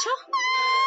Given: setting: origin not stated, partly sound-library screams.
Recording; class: one-second piece from a danger detection set; woman in danger